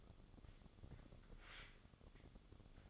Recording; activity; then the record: daily activity, microphone in the room; take from stove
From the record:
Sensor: 4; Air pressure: 1008.8 hPa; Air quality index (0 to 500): 126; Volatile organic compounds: 1 ppm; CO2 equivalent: 922 ppm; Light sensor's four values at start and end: 10/23/9/8 and 10/23/9/9